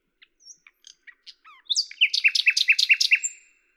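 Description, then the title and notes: Common nightingale song: soft scattered opening notes, a few slurred whistles, then a loud rapid series of repeated buzzy chirps. Recorded at Lavours, Ain, France on 10 May 1998 with a Tascam DAP-1 and Télingua microphone; edited in Samplitude 5.1. "D83, 01350 Lavours, France - rossignol à LAVOURS. 10/05/1998"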